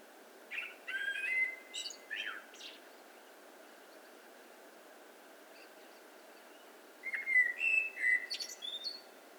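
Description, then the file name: Eurasian blackbird singing two phrases of clear, flute-like whistles, each finished with a squeaky high trill, separated by a quiet gap of about four seconds. "Turdus merula"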